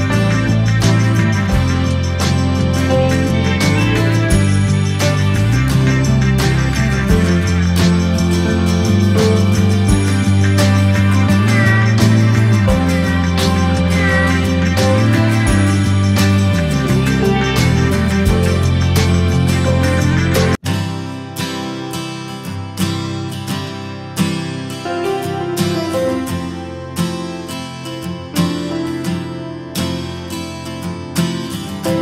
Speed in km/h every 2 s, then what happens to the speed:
0, 0, 0, 0, 0, 0, 0, 0, 0, 0, 0, 0, 20, 24, 32, 31.
0-22 standing. 22-28 pulls away to 32.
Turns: none.